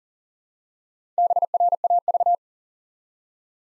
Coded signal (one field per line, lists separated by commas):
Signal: Morse code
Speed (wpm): 40 wpm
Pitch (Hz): 700 Hz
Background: none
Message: BRAV